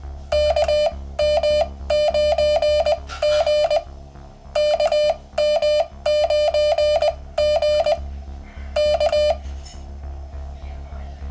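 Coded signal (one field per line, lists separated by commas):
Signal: Morse code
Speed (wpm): 20 wpm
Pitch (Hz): 600 Hz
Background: music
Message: KM9G KM9G K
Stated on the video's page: CW on-air contacts from a home-built QCX Mini QRP transceiver after power output fixes.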